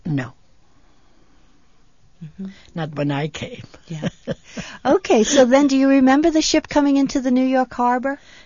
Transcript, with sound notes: No. Not when I came. (she laughs)
Yeah. Okay. So then, do you remember the ship coming into the New York Harbor?